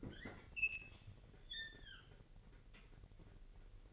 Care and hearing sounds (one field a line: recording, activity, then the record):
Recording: daily activity, microphone in the room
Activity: open fridge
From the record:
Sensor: 4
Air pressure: 1002.7 hPa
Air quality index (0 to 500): 243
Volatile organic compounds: 17 ppm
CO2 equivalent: 2601 ppm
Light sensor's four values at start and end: 4/10/3/4 and 4/10/4/4